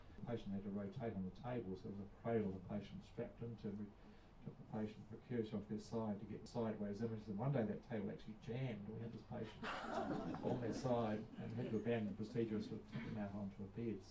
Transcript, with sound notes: the patient had to rotate on the table so there was a cradle the patient was strapped into, and we took the patient for off their side to get the sideways image. And one day that table actually jammed, and we had this patient [chuckles] on their side; and we had to abandon the procedure and sort of get him out onto a bed.